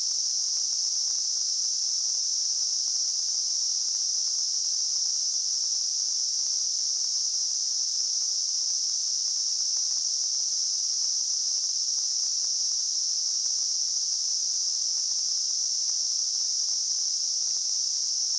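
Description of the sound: A steady, high-pitched hissing ring, like crickets, holds unchanged in level and pitch for about 18 seconds with no other sound. It is a simulation of tinnitus, the ringing or hissing a person hears in their ears when no outside sound is present.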